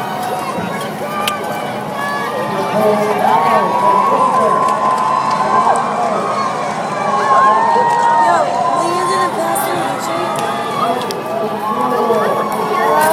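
A dense crowd murmurs and talks steadily at the marathon finish, with whistle-like tones rising and falling around four, eight and twelve seconds.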